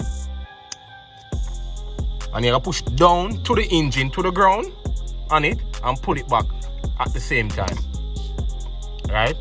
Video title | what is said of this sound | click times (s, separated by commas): BMW F36 428i VRSF Catless Downpipe Install and Review! | you go pull back the wide clip and you're going to hear the click | 0.7 s